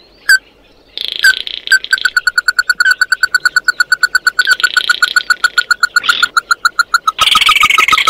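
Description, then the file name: Bird calls: after a few sharp notes, a long rapid run of evenly repeated clipped notes with buzzy overlays, closing in a harsh rasp. "Tieng chim mat do"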